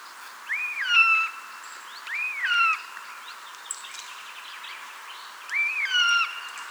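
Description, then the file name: Eurasian jay making arched, rising-then-falling whistled mews, three calls throughout with faint other birds behind. "Garrulus glandarius"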